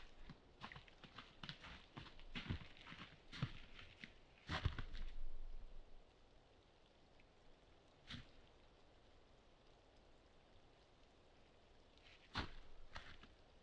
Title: Crash, Stomp and Snort: A Night in the Forest